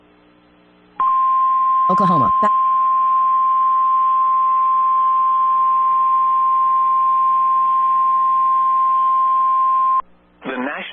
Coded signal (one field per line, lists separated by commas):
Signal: Emergency Alert System (SAME) tones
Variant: 1050 Hz attention tone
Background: speech